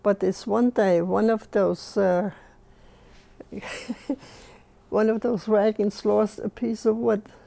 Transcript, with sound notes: But this one day one of those, (she laughs) one of those wagons lost a piece of wood,